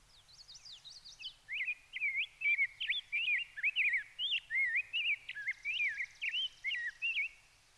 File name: RBGR SONG MN - Rose-breasted Grosbeak - Pheucticus ludovicianus